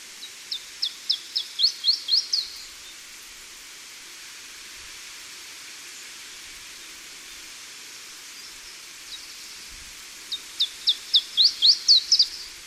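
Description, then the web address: Iberian chiffchaff song: two phrases of high, evenly spaced chip notes separated by a long pause, with a steady background hiss. Recorded in Portugal. "Phylloscopus ibericus Portugali"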